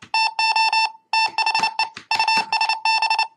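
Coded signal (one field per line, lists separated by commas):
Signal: Morse code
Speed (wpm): 29 wpm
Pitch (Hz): 890 Hz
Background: none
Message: TO THE USB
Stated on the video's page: Morse from a homebuilt mbed keyer driven by a USB keyboard.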